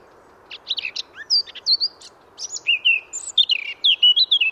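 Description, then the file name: Eurasian blackcap song, a hurried scratchy warble giving way to a loud run of pure, varied whistled notes. "Sylvia atricapilla"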